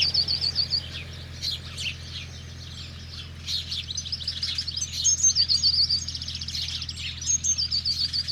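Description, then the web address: House sparrow chatter of fast, wavering high chirps in short runs, pausing briefly and starting again, over a steady low background hum. "le moineau domestique. album cuicui-et-compagnie"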